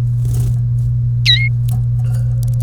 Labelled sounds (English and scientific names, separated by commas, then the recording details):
Domestic Canary (Serinus canaria) song
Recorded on 30 April 2018 at 16:37
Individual llb3